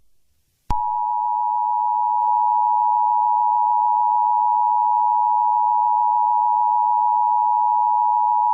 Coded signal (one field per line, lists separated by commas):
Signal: Emergency Alert System (SAME) tones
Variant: 853 and 960 Hz attention tone